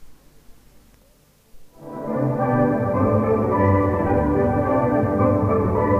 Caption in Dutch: In toenemende mate slechthorend bent voor de hoge tonen. Nu verdwijnen de tonen boven de 2000 trillingen per seconde.